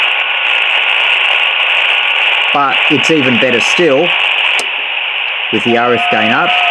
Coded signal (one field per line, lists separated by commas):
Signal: FT8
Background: speech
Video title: HF Helper with Quansheng UV-K5